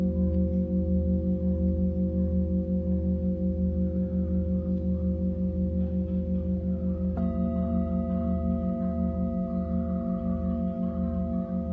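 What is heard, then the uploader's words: A Tibetan singing bowl hums steadily with a pulsing, wavering low drone, and a second ringing tone joins at about seven seconds. 真夜中のTibetan Singing Bowl のサウンドヒーリング.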